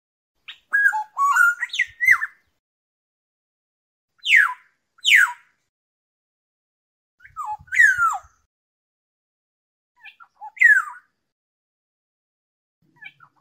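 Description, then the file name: Black-naped oriole fluting whistled phrases alternating with harsh descending nasal calls, spaced by silent gaps of a few seconds. "tieng chim vang anh"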